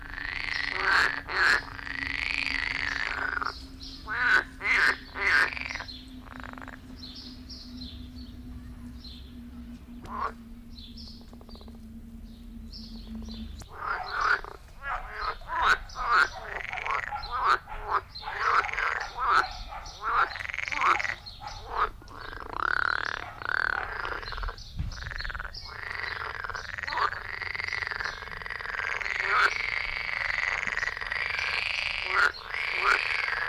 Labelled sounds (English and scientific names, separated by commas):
Edible Frog (Pelophylax esculentus) call